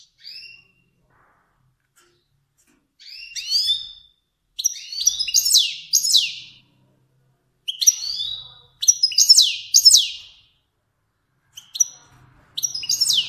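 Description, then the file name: Finch singing short phrases of high, sweeping slurred notes and brief trills, with uneven pauses between phrases. Kermani finch. "sound finch kermani long"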